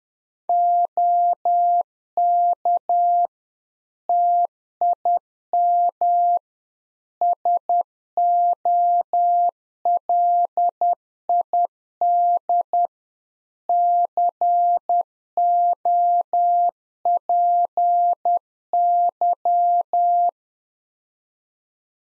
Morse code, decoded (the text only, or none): OK TIM SOLID COPY